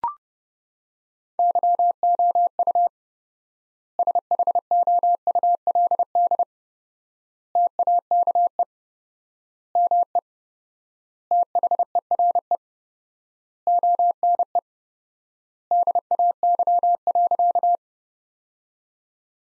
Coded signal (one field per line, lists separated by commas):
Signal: Morse code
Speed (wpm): 30 wpm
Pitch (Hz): 700 Hz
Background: none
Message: YOU SHOULD TAKE ME THERE ONE DAY.